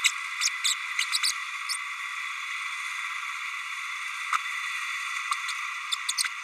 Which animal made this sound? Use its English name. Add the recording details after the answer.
Green-rumped Parrotlet. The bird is a female. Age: 32 days. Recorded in a nest box in Venezuela. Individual 17B32A7